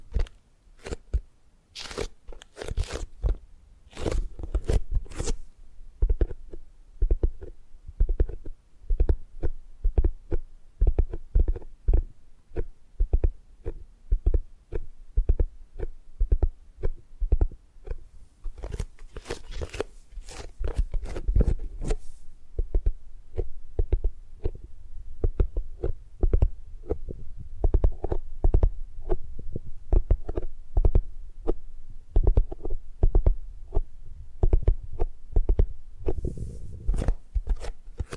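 Tapping and gripping sounds come as rapid, irregular dull knocks throughout, with brief bursts of crisp scratchy rustling near twenty seconds and the end.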